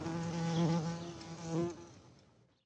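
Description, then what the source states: Bee buzzing, a steady low hum with two brief swells before the sound fades away. Bees on honeysuckle.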